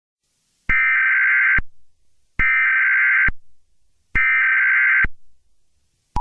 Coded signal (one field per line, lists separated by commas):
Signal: Emergency Alert System (SAME) tones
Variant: header bursts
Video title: EAS Scenario | Chicken Jockey Invasion (#91)